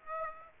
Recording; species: mosquito wingbeat signal from an infrared sensor; Aedes aegypti